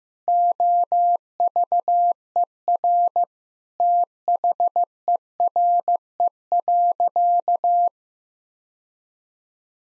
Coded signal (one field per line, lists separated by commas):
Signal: Morse code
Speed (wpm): 15 wpm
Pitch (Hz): 700 Hz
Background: none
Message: OVER THERE.